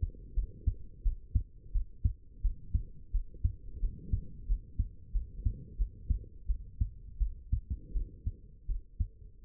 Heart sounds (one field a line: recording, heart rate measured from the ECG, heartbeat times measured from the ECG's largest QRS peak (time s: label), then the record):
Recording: heart sounds by stethoscope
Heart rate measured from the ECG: 86 bpm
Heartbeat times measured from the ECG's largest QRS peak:
0.35 s: heartbeat
1.04 s: heartbeat
1.73 s: heartbeat
2.42 s: heartbeat
3.12 s: heartbeat
3.81 s: heartbeat
4.47 s: heartbeat
5.13 s: heartbeat
5.77 s: heartbeat
6.47 s: heartbeat
7.19 s: heartbeat
7.93 s: heartbeat
8.67 s: heartbeat
9.43 s: heartbeat
From the record:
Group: healthy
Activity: cold pressor test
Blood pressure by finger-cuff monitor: 99/61 mmHg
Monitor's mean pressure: 76 mmHg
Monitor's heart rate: 87 bpm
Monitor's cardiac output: 7.8 L/min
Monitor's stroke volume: 89 mL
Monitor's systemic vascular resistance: 700 dyn s/cm5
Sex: female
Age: 22 years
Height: 161 cm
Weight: 65.5 kg